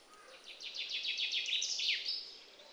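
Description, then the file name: Common chaffinch song: a quick run of bright, descending chirping notes ending in a short falling flourish, over faint background hiss. "Fringilla coelebs"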